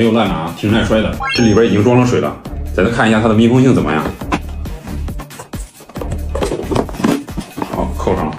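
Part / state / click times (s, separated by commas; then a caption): plastic lid clips onto a food storage box / seated / 6.3 s, 6.8 s, 7.0 s, 7.6 s. Someone talks over background music, then presses down the lid of a transparent plastic dumpling storage box, a multi-layer handheld box for fridge and freezer use, already filled with water to test its seal. The lid's plastic clips snap shut one after another with sharp, short clicks at 6.4, 6.8, 7.0 and 7.6 seconds. The lid ends up fastened.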